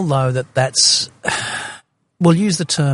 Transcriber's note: sighs